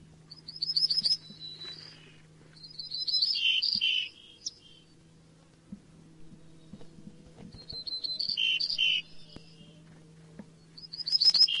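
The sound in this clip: Bird giving four spaced bursts of fast, high, jangling chirps, each lasting about a second, with a faint low droning hum throughout.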